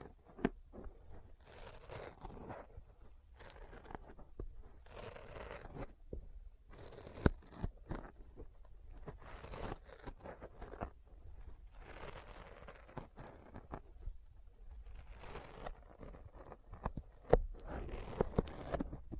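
Sticky fingers pull and peel apart in repeated tearing, crackling bursts, each lasting about a second and recurring every one to two seconds. Sharp clicks and pops punctuate the texture, with a louder snap near 17 seconds, over a low steady rumble.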